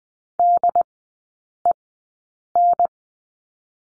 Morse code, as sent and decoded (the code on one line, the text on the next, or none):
-.. . -.
DEN